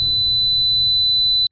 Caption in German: So hört sich das für Menschen mit Tinnitus in etwa permanent an.